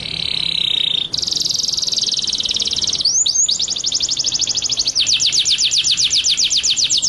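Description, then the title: White-rumped shama song: rapid, high-pitched trills, a brief break near three seconds, then a quick series of sweeping repeated notes. Masteran (training) track of white-rumped shama song, delivered in full 'ngerol' (rolling) and 'nembak' (shooting) style. "Masteran Murai Batu Full Ngerol Nembak"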